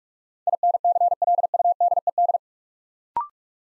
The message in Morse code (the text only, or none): INCLUDED